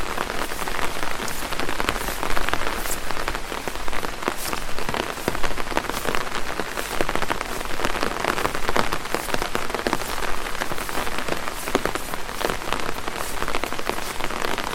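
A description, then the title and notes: Rain patters steadily on an umbrella, a dense, even hiss filled with countless fast, crisp drop taps. Brighter, sharper hits stand out every second or so across the fifteen seconds, while the overall level stays constant throughout. Sounds of Rain on Umbrella.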